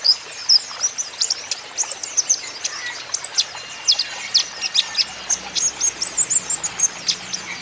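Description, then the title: Van Hasselt's sunbird song: rapid high-pitched sharp chips and twitters delivered in quick irregular bursts throughout, over a faint hiss. Young green-plumaged (konin ijoan) caged bird in energetic (gacor) song, used as a lure and therapy so untrained young (konin) birds surely answer. "KOLIBRI NINJA KONIN IJOAN GACOR COCOK UNTUK PANCINGAN TERAPI KONIN BAHAN PASTI NYAUT"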